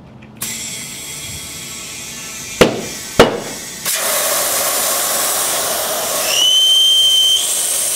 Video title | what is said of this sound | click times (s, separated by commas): Change Rear Motorcycle Tire Suzuki V-Strom 1000 (Part 1) | But I want to inflate this until I hear both sides of the bead pop into place. | 2.6 s, 3.2 s